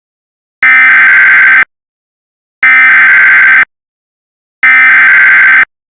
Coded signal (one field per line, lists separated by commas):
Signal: Emergency Alert System (SAME) tones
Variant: header bursts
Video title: (EAS Mock) Weekly Test